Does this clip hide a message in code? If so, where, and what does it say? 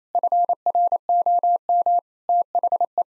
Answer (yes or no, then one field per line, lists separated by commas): yes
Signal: Morse code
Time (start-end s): 0.1-3.0 s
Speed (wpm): 27 wpm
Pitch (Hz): 700 Hz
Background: none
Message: FROM THE